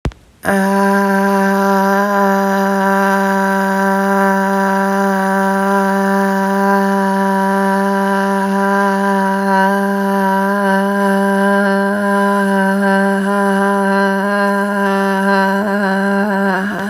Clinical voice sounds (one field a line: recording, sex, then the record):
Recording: sustained vowel /a/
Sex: female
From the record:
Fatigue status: fatigue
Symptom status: symptomatic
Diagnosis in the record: COVID-19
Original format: m4a